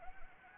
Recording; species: mosquito wingbeat signal from an infrared sensor; Anopheles arabiensis